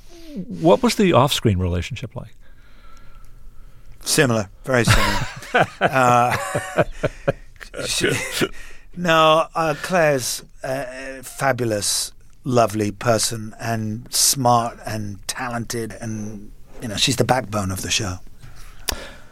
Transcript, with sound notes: What was the off-screen relationship like?
Similar, very similar.
(Laughter).
No, Claire's a fabulous, lovely person and smart and talented. And you know, she's the backbone of the show.